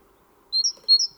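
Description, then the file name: Great tit: after half a second of quiet, bright low-then-high whistled note pairs ring out twice, with a third pair just beginning at the end. "Parus major"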